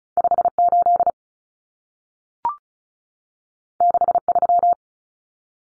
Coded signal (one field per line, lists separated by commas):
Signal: Morse code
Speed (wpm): 36 wpm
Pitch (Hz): 700 Hz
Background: none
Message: 58 63